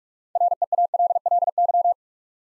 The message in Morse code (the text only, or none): REALLY